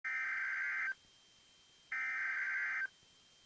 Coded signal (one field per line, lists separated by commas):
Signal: Emergency Alert System (SAME) tones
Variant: header bursts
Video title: Tornado Warning (Van Zandt County, TX) (3/24/21) [EAS #57]